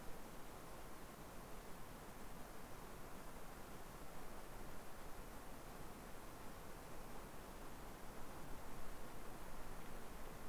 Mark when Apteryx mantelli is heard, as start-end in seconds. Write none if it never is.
none